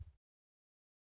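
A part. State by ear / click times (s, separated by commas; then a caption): not seated / none. A steering wheel quick release is shoved onto a brand-new wheelbase hub adapter with the collar pulled back, producing a brief low-frequency thump in the first 0.2 seconds, followed by silence. No click is heard, and the wheel has not clicked into place.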